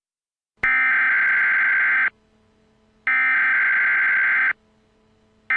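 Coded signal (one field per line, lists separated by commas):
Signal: Emergency Alert System (SAME) tones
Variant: header bursts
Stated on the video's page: Fictional horror EAS scenario, not a real alert.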